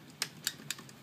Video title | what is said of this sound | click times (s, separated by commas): How to install USB 3.0 on a Laptop Dell XPS M1530 via express card port | Okay, it has clicked in. | 0.2 s